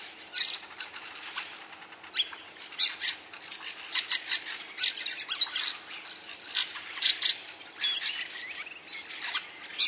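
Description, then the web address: Fieldfare chattering song: rasping, squeaky bursts come in uneven clusters, with brief quieter gaps between the louder harsh phrases. Recorded in spring 2024, week 20. "huomenet-kevat-2024 viikko-20-lintujen-laulu lintujen-laulu rakattirastas räkättirastas"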